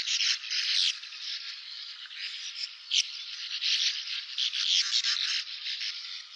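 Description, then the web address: Sand martin giving continuous gritty, buzzy twitters, dense and overlapping, rising and falling in loudness throughout. "syoudoutubame"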